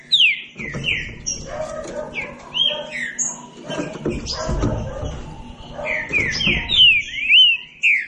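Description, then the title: Green-winged saltator song: whistled slurred phrases at the start and end, with a noisy, rumbling middle section and some faint chirps. Classic song style used for training. "Canto Clássico Trinca Ferro TREINAMENTO"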